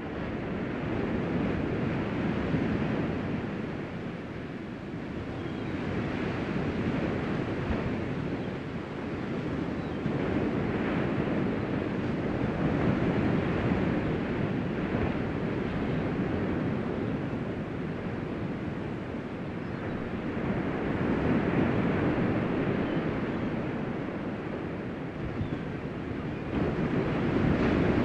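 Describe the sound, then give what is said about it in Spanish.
Ocean waves roll in a steady, broad wash of surf, swelling and receding in slow surges, with a constant rushing roar and no voices. “Ahora, mientras escuchas el sonido de las olas del mar, ve moviendo tu cuerpo a una postura más relajada.”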